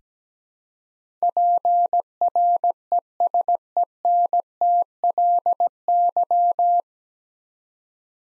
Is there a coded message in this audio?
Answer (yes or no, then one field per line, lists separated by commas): yes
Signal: Morse code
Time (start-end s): 1.2-6.8 s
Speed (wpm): 17 wpm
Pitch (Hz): 700 Hz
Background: none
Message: PRESENTLY